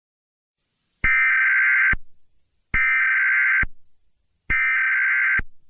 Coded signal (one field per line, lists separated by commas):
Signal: Emergency Alert System (SAME) tones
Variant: header bursts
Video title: Biological Catastrophe Warning – EAS scenarios Broadcast